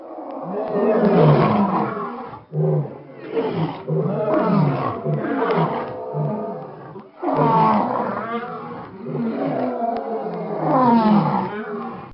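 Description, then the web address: Lion roaring in long, harsh, heavy bursts, with short breaks near two and a half and seven seconds before the roaring resumes. "Bobby Cole Lion-Roar"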